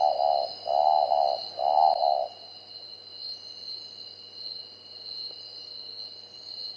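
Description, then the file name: Marbled frogmouth uttering three quick bursts of pulsed hooting notes at the start, then only a steady high insect hum. Papua New Guinea. "Poda Ocel Sam 2010"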